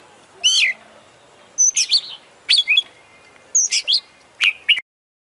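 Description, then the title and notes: Oriental magpie-robin song: short clusters of sharp, sweeping whistled notes in bursts every second or so, with brief pauses between phrases, ending abruptly. Champion bird in continuous song (gacor), a masteran selection. "Kacer Juara Gacor. Kumpulan Suara Burung Masteran Pilihan"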